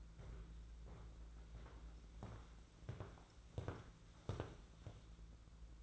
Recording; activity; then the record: daily activity, microphone in the room; walk to room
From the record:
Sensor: 3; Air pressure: 992.0 hPa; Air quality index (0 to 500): 227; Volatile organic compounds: 1000 ppm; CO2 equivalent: 7826 ppm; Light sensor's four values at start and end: 25/75/31/26 and 25/74/30/26